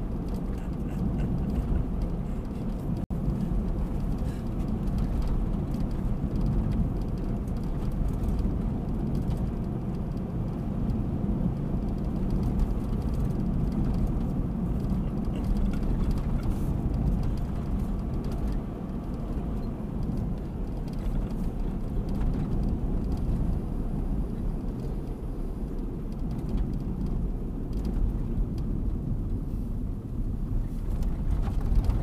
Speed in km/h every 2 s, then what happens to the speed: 59, 59, 58, 58, 58, 59, 59, 58, 58, 59, 58, 56, 51, 44, 32, 26.
0-21 steady at about 58. 21-32 slows to 26.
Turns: 27-32.